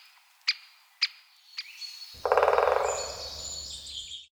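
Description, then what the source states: Great spotted woodpecker giving three sharp, short 'kik' notes about half a second apart, followed by a dense rapid rattling burst and a longer noisy stretch. Recorded in spring.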